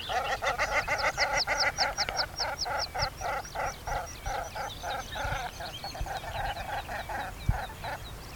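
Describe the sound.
Birds in a noisy chorus giving fast, repeated honking and clucking notes that overlap steadily, with a few low knocks in the background.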